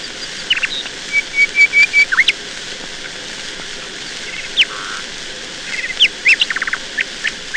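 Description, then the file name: Nightingale song: a stuttering run of whistled notes, sharp sweeping notes, a lower note and a brief rapid series of notes, separated by short pauses. "Solovei"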